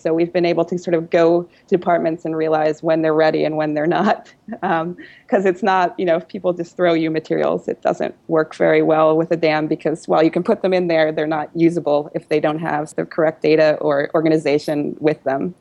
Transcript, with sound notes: We’ve been able to go to departments and realize when they’re ready and when they’re not, [laughs] because if not, if people just throw you materials, it doesn’t work very well with the DAM, because while you can put them in there, they’re not usable if they don’t have their correct data or organization with them.